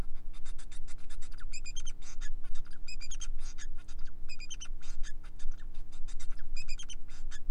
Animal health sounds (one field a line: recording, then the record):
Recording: song of a male Bengalese finch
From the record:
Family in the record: son of father 4